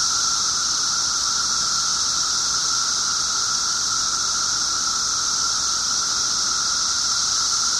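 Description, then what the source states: Periodical cicadas in full chorus, an even high-pitched hiss joined by a steady mid drone, sustained without break. 17-year cicadas, several together; recorded 24 June 2007 at 1:30 pm.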